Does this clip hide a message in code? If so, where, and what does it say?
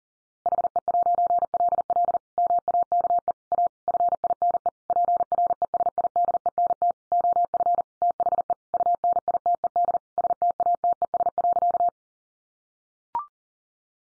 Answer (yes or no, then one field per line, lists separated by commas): yes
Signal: Morse code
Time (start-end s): 0.5-11.9 s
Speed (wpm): 37 wpm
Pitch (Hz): 700 Hz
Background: none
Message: HE'LL MAKE A FINE PRESIDENT OF THE UNITED STATES.